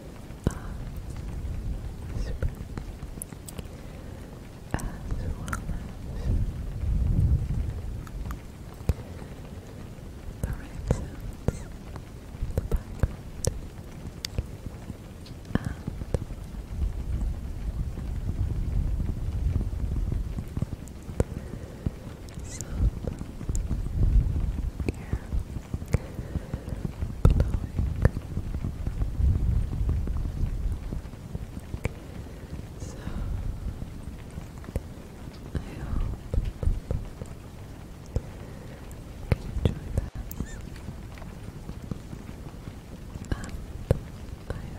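Quick, soft tapping runs throughout, with dense light clicks scattered across the highs and breathy gusts of blowing into the ear swelling in the low end around 7, 18, and 28–30 seconds. Faint whispering and a patter like light rain sit underneath.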